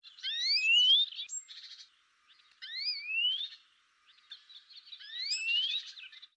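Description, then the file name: European greenfinch calling, rising whistled sweeps followed by short buzzy rattles, given in three bursts about two seconds apart, otherwise quiet. "Chloris chloris"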